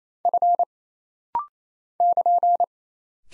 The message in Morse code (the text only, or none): F <KN>